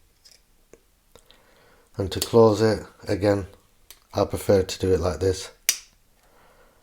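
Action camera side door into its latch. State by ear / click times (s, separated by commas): seated / 5.7 s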